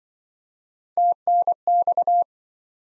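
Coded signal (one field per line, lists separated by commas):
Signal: Morse code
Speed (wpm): 27 wpm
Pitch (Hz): 700 Hz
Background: none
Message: TNX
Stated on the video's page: Morse practice set of common QSO elements, speed-racing format starting fast and slowing to a 20 wpm base; the final repeat is sent at maximum speed.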